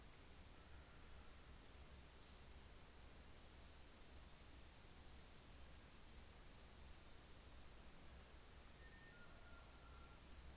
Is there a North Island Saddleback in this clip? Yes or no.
no